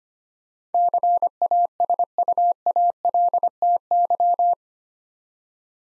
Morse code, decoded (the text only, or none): CASUALTY